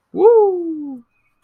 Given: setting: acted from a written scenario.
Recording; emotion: vocal sound without words; pride